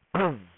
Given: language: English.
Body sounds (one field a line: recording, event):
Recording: throat vibration sensor signal played as sound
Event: throat clearing